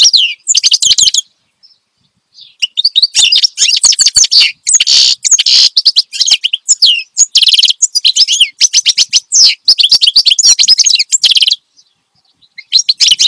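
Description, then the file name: Finch song: long sequences of rapid, high, buzzy chirps and trills with short gaps between phrases. Energetic finch song intended for training other songbirds (masteran). "Suara Kicauan Burung Finch Gacor Dor Cocok Untuk Masteran"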